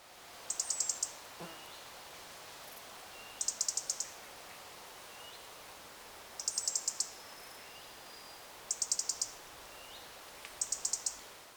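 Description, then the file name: European robin giving short bursts of rapid, high, dry ticking, about every two to three seconds, over steady background hiss with a few faint thin whistles. "Erithacus rubecula"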